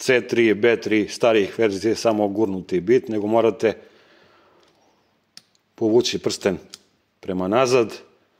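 Someone talks while handling a Parkside Performance PDSSAP 20 Li D3 impact driver, with the metal ring of its quick-release bit holder pulled back to take a 1/4 inch hex screwdriver bit. During a pause, brief quiet ticks are heard around 5.4 s and 5.6 s before the talking resumes. The bit has not yet gone home: nothing has seated or clicked yet.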